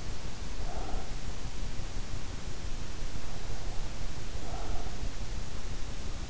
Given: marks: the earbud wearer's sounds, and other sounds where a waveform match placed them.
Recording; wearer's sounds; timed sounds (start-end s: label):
sounds in sleep by an in-ear microphone; breath
0.50-1.18 s: breath
3.26-5.28 s: breath